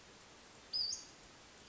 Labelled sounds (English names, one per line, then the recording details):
Western Flycatcher
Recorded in Sonoma County, California